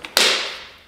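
The fully extended folding handle of an EGO cordless electric mower has its two plastic handle clamps snapped shut. A faint click at 0.1 s is followed by a much louder, sharp click at 0.2 s that rings and fades over the next half second. The handle clips lock into place.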